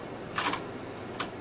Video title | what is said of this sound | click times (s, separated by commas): Sửa máy photocopy tại hà nội uy tín chất lượng 0973.113.943 | and this locks in place if you happen to put it in backwards it's no problem it | 0.4 s, 1.2 s